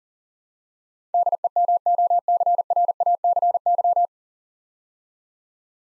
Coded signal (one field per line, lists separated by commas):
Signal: Morse code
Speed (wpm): 37 wpm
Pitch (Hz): 700 Hz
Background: none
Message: DEMOCRACY